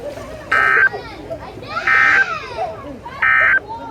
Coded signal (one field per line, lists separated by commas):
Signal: Emergency Alert System (SAME) tones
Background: speech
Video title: Bout a Week Of Stuff (EAS 328-354)